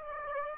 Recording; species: mosquito wingbeat signal from an infrared sensor; Aedes aegypti